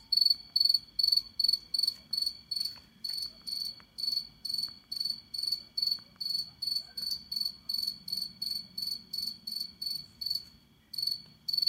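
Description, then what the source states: Cricket chirping, a steady train of high pulsed trills repeated more than twice a second, with a faint low hum underneath. Night cricket chirping.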